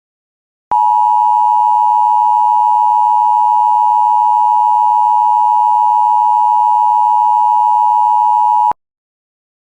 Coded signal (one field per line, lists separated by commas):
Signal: Emergency Alert System (SAME) tones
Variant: 853 and 960 Hz attention tone